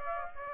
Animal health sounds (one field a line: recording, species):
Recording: mosquito wingbeat signal from an infrared sensor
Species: Aedes aegypti